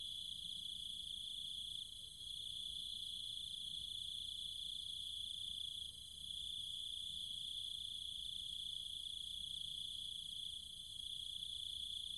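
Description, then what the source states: Cicada: shrill unbroken insect chorus, probably cicadas, with small wavering dips in intensity and a soft rumble underneath. Cicadas and other insects, at night, in trees and fields in the countryside of Chiang Mai, Thailand.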